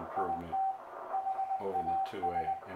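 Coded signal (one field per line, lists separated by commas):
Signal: Morse code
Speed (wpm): 21 wpm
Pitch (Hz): 770 Hz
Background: speech, radio noise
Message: IT HAS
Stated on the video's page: Heard on a Drake 2-A receiver, a triple conversion superhet with 50 kHz IF and passband tuning.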